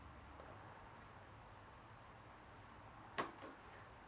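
While a Stage 6 70cc Sports Pro MK2 scooter cylinder and piston kit is being fitted, a small metal wrist pin circlip is pushed into the piston's clip groove. After a few seconds of quiet low background noise, a single sharp click sounds at 3.2 s, with a fainter sound near the end. The circlip has seated in its groove.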